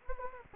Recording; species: mosquito wingbeat signal from an infrared sensor; Anopheles gambiae